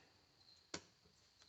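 A plastic clip is snapped up onto a Toyota fuel pump assembly right after the sending unit is installed. It gives one sharp tick at 0.7 s, followed by a faint softer tick near 1.4 s. The clip is seated.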